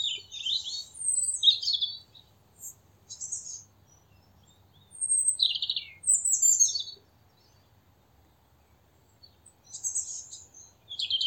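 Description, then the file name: European robin singing clear, high, varied phrases in a few bursts separated by silent pauses. "Erithacus rubecula"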